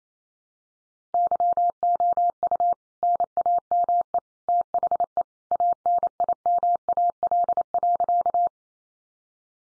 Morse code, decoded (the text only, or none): YOU NAME THE ANIMAL.